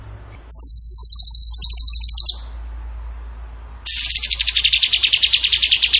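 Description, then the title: Bird song: two rapid, buzzy high trills, the first steady and the second starting higher and dropping in pitch, separated by a pause of about a second and a half. Masteran training recording; tembakan gacor song style. "Masteran Burung Tembakan Gacor"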